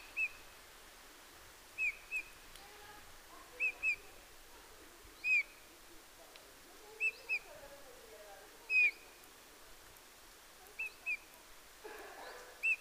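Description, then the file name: Eurasian bullfinch giving short piped calls, often doubled, repeated irregularly every second or two over a quiet background. "Pyrrhula pyrrhula"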